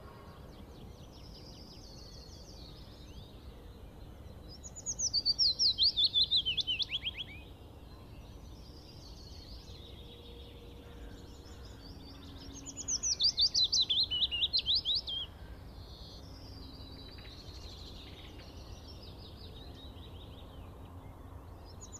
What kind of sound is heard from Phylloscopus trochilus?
song